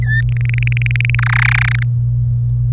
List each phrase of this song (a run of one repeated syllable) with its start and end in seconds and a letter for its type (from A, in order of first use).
0.02-0.21 A, 0.29-1.15 B, 1.19-1.83 C